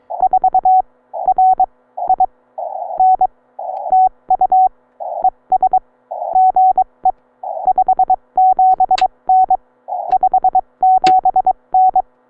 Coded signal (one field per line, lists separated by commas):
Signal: Morse code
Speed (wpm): 22 wpm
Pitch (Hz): 750 Hz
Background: none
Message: 4RIN TU ES GE 57N 57N